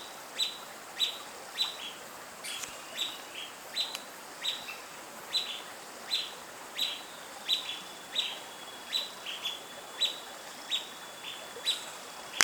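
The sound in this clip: Bird calling with quick high chirps that fall in pitch, repeated in an irregular run, with a thin steady whistle near the end.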